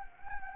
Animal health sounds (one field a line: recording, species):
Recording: mosquito wingbeat signal from an infrared sensor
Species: Anopheles gambiae